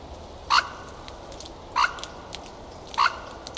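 Bird calls: three short, harsh harmonic notes repeated about every one and a quarter seconds, with faint background noise between them.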